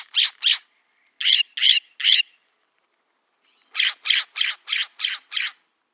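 Western scrub-jay giving rapid series of harsh, grating calls: a pair, then three, a short pause, and a rattling run of six quick notes.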